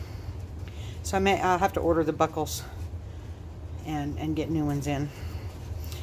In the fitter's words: these won't this this pulls out it doesn't lock in good it